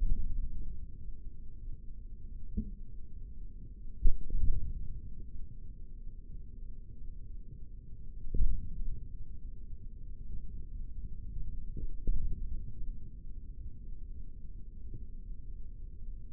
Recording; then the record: forearm muscle sounds (acoustic myography)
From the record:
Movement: index flexion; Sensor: system 3, bracelet of six PUI Audio POM-2738L microphones around the upper forearm, with dedicated amplification and filtering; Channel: 6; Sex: male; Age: 56 years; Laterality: right